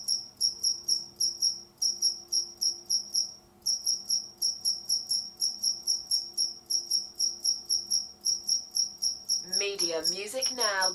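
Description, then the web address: Cricket giving steady high pulsed chirps in quick runs with brief pauses; near the end a lower wavering squeaky sound briefly joins in. "the sound pack tree. single cricket chirp"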